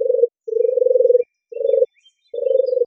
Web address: Streptopelia turtur